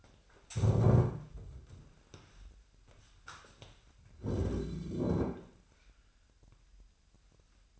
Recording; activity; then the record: daily activity, microphone in the room; stand up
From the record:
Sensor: 2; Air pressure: 998.4 hPa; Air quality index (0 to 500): 125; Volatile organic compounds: 3 ppm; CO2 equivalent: 1416 ppm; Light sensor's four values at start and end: 6/14/6/6 and 5/13/5/6